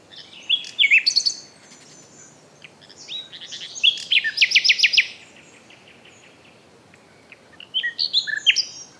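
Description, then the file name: Common nightingale singing varied phrases in three bursts separated by pauses, including a fast run of rapidly repeated notes, over faint background noise. "Luscinia megarhynchos"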